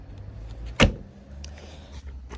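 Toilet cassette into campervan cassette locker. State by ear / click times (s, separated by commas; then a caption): seated / 0.8 s. A plastic toilet cassette, rinsed with a capful of blue fluid, is pushed all the way back into its locker on a Pioneer Pizarro campervan. It seats with a sharp click at 0.8 s, latching in place. Low background rumble continues around it.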